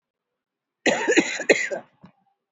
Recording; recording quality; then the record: shallow voluntary cough; excellent, no background noise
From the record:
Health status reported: respiratory illness, not identified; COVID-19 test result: not tested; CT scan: not taken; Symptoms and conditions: fever, fatigue, muscle pain, asthma, diabetes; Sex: female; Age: 70 years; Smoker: no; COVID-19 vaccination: none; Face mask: worn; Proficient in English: no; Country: India